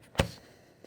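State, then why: Seated. A keyboard cover's connector is attached to a tablet's pin connector. One sharp snap sounds at 0.2 s, followed by a much fainter soft bump near 0.85 s. The cover seats quickly and easily on the first snap.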